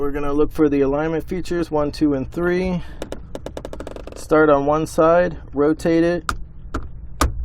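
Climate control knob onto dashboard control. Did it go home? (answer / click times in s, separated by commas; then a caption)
yes / 6.8 s, 7.2 s. A custom machined aluminium climate control knob on an Alfa Romeo 4C is started on one side of its plastic base on the dashboard control, then rotated onto the other side while someone talks, with a run of faint ticks around 3.1–3.8 s. It snaps into place with sharp clicks at 6.8 s and 7.2 s, and the knob is seated.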